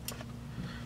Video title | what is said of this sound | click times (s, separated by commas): Radio installation Audi A3 2008-2013 | hear click and it goes in | 0.1 s